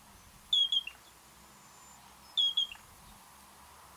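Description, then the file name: Yellow-breasted crake calls, short high whistled notes in quick pairs with a fainter trailing note, heard twice about two seconds apart and starting again at the very end. "Yellow breasted Crake Porzana flaviventer"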